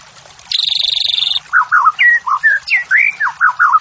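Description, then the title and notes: White-rumped shama song: a brief grating buzz, then a quick string of varied whistles, with short slurred notes and a few higher upswept phrases. White-rumped shama morning song used as training and lure audio for captive songbirds, birds singing actively. "Pancingan Murai Batu Pagi Hari. Murai Batu Gacor"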